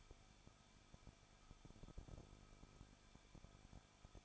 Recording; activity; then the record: daily activity, microphone in the room; no activity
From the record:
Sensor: 5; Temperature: 20.7 degrees Celsius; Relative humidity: 38.3%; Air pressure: 1006.6 hPa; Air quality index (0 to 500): 186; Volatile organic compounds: 17 ppm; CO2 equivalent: 2597 ppm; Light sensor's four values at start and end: 2/3/1/1 and 2/3/1/1